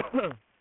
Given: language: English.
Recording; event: throat vibration sensor signal played as sound; cough